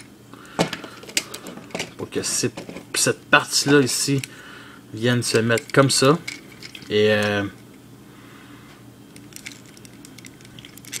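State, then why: Seated. During the transformation of a Transformers Prime Optimus Prime Voyager Class First Edition toy robot, a plastic part is brought into position and pressed into the robot body while someone talks over a few sharp plastic clicks and small taps. After the talking stops, faint handling ticks lead to the part clipping into place at 11.0 s.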